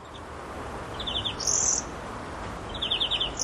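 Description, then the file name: European greenfinch calls: two short bursts of rapid trilled notes, about a second apart, with a high buzzy note between them, over steady background noise. "Chloris chloris"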